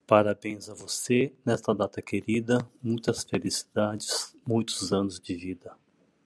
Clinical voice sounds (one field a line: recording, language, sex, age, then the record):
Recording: short text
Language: Brazilian Portuguese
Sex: male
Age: 60 to 69 years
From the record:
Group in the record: control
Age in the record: 63 years